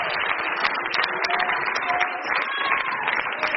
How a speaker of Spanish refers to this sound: Gracias, aplauso fuerte a Dios. Oh, gloria a Dios.